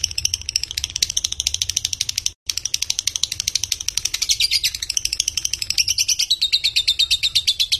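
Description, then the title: Lovebird giving a fast, continuous stream of shrill, buzzy chirps with one brief break early on. Konslet call type: long, unbroken chattering. "Lovebird Konslet"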